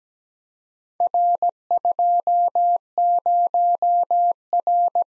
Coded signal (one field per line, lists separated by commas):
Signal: Morse code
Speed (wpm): 17 wpm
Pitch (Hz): 700 Hz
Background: none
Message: R20R